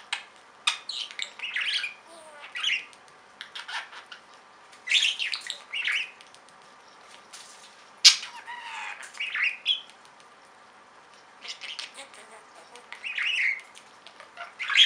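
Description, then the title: Budgerigar chatter: sputtering clicks and squeaky, buzzy warbled notes in irregular bursts throughout, with brief pauses between phrases. "Budgie Sounds"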